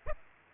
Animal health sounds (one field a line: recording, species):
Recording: mosquito wingbeat signal from an infrared sensor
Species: Aedes aegypti